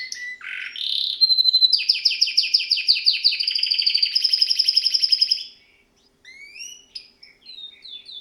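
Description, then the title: Domestic canary song: a rising whistled opening, then fast repeated trills and rolling chattering phrases, a short pause and a few sharp upslurred notes. Male Belgian canary singing a lot; canary training to warm up a young bird within 30 minutes. "Canary Training Esquente Seu Filhote E Canario Belga Em 30 Minutos Macho Cantando Muito"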